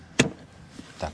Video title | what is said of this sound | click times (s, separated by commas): 🇿🇦 Обзор NEW Mercedes-Benz C200 W206 Sport (AMG Line) / НОВЫЙ Мерседес-Бенц Ц200 Спорт (АМГ пакет) | зафиксировалась зафиксировалась и | 0.2 s